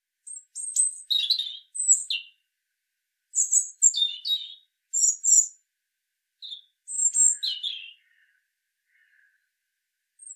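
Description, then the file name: European robin song of very high twittering notes and sliding whistles in quick clusters, broken by short silences, then a longer pause near the end. "Erithacus rubecula"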